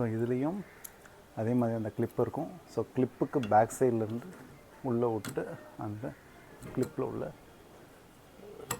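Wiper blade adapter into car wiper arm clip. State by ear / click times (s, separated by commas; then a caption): seated / 8.7 s. Someone talks while a new framed Bosch wiper blade on its adapter is slid into the hook clip of an XUV500 car wiper arm from the back side and pushed in. A sharp click at 8.7 s marks the blade locking onto the arm, fully seated, which completes the replacement.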